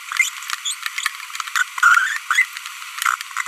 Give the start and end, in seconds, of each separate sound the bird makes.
0.66-0.73, 1.56-1.63, 1.83-2.17, 2.31-2.44